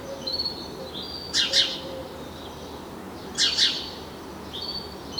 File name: Passer domesticus